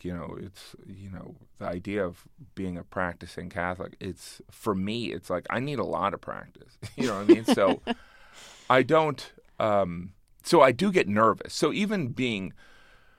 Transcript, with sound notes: You know, it's, you know - the idea of being a practicing Catholic, it's - for me, it's like - I need a lot of practice, you know what I mean? So...
(Laughter).
...I don't - so I do get nervous. So even being